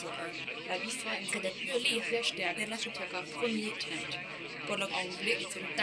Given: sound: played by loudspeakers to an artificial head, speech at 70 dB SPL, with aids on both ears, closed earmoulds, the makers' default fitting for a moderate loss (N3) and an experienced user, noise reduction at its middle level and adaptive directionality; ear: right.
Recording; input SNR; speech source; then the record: speech test signal (ISTS) in cocktail-party noise; +3 dB; in front (0 degrees)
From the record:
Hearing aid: class 2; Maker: C